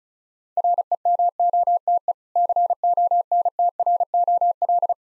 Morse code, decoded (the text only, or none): REMOTE CONTROL